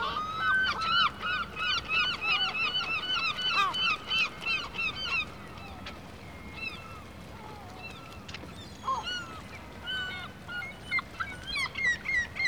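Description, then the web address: Gulls calling, several birds with repeated arched, nasal yelping notes overlapping, several calls each second for the first five seconds and sparser after that. Gulls in a harbor. "BBC Sound Effects Library. Seagulls Harbor Atmosphere"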